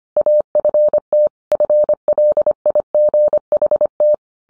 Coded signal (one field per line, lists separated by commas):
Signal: Morse code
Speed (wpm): 25 wpm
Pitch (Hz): 600 Hz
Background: none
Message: AFT FLIGHT